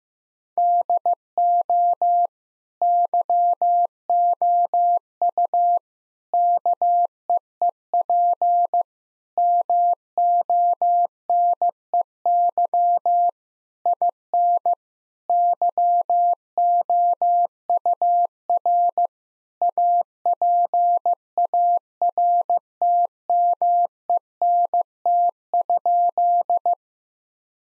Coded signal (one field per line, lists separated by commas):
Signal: Morse code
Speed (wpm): 14 wpm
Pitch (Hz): 700 Hz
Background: none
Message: DO YOU KEEP MONEY IN YOUR APARTMENT?